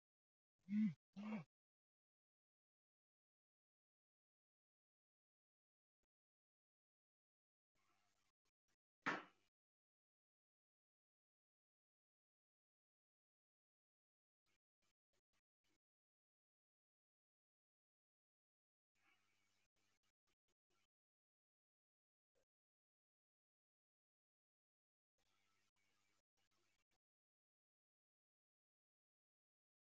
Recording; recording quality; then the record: deep breathing; poor, much background noise or distortion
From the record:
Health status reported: healthy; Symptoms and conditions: hypertension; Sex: male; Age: 54 years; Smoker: not ticked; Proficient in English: yes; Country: India